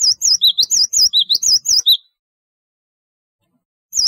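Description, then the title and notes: Java sparrow song phrase: quick chain of high curling whistles and lower dipping notes with soft clicks, then silence and a brief restart. "Kicau Burung Gelatik"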